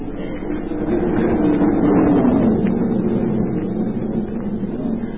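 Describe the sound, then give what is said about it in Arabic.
Wind howls steadily, a dense rushing roar with a low moaning tone that wavers and sinks in pitch, swelling a little midway before settling. No voices are heard. “أنصت إلى تلك الريح.”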